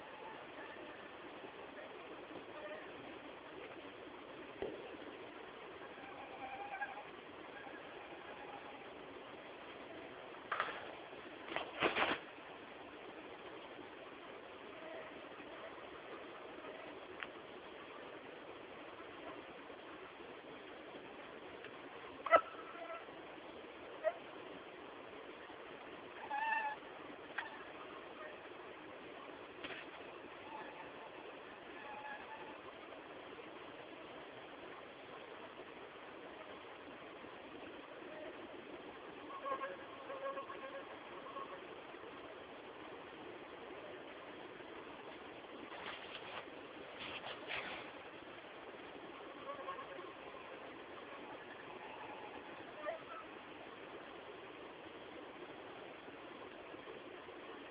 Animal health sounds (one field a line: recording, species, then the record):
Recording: mosquito flight sound by mobile phone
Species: Anopheles farauti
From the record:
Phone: Samsung T209